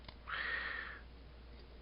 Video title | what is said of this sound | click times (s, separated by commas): Earthrise Race Track Patrol | push them upwards so they lock into place | 0.1 s